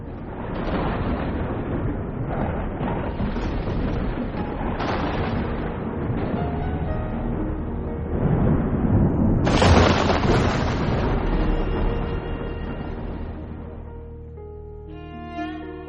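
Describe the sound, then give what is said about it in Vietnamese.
Deep rolling thunder rumbles continuously over heavy pouring rain from a sudden night thunderstorm, with a louder crack and surge near the middle before the storm gradually eases and fades. “Giữa trời đêm, bất chợt có tiếng sấm rền vang. Mưa dông từ đâu cũng chẳng biết mà kéo đến chút như xối xả.”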